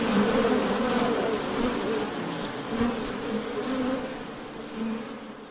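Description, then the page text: Honey bees droning together, a thick continuous buzz that swells and eases, fading slightly at the end. Ambient sound of the wing buzzing of honey bees. "環境音 ミツバチの羽音｜ Honey Bees Sound"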